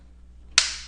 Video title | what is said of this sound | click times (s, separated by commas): How to change battery in Modavo women’s watch. DIY tutorial. | Here you go, you heard the click, and our cover | 0.6 s